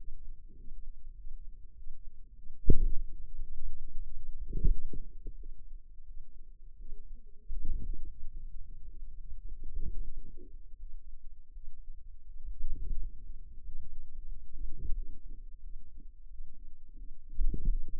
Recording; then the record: forearm muscle sounds (acoustic myography)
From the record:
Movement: wrist flexion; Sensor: system 2, bracelet of six BSWA MPA416 microphones around the upper forearm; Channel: 5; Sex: female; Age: 23 years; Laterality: right